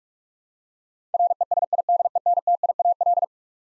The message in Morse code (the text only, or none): RESIDENTIAL